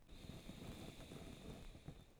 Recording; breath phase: one breath near a microphone; exhalation